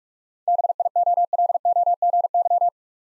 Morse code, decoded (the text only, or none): BIOLOGY